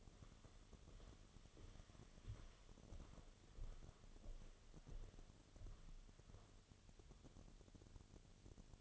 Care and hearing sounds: daily activity, microphone in the room; walk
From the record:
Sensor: 4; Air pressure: 1016.2 hPa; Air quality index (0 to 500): 162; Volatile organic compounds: 6 ppm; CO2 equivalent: 1845 ppm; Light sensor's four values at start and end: 9/20/8/7 and 9/20/8/7

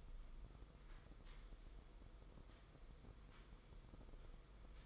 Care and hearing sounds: daily activity, microphone in the room; sweep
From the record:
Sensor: 5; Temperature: 22.3 degrees Celsius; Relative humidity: 52.2%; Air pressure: 990.7 hPa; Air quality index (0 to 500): 163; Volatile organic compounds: 287 ppm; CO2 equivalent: 4452 ppm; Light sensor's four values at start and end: 43/132/50/54 and 43/131/50/54

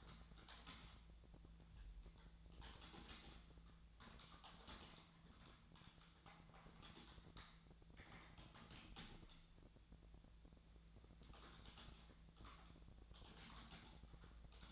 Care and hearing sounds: daily activity, microphone in the room; typing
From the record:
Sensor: 3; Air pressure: 1000.2 hPa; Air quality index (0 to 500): 138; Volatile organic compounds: 2 ppm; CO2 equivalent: 1222 ppm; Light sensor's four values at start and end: 39/99/42/46 and 38/98/41/45

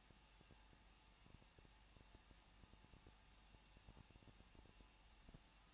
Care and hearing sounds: daily activity, microphone in the room; no activity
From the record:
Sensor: 1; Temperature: 20.1 degrees Celsius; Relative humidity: 39.0%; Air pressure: 1006.6 hPa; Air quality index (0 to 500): 216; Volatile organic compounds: 71 ppm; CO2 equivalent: 3532 ppm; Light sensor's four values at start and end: 1/2/1/1 and 1/2/1/1

